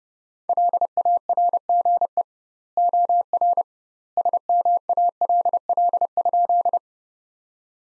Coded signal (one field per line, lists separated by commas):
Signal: Morse code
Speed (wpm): 32 wpm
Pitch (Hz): 700 Hz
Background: none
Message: LARGE OR SMALL?